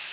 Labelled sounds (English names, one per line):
Palm Warbler flight call